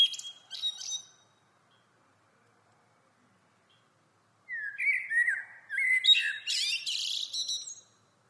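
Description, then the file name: Common blackbird: the tail of one warbled phrase, a silent gap of several seconds, then a fuller phrase of rich fluting notes breaking into high, squeaky twittering. "Turdus merula"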